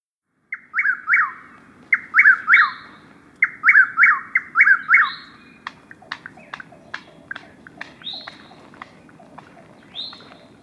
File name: Chuck wills widow